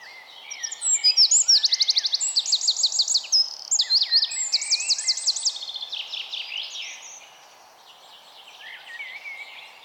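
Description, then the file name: Eurasian wren song: a loud, rapid cascade of high trills and sharp repeated notes, rattling on for about seven seconds before fading; constant low background hiss. "Troglodytes troglodytes"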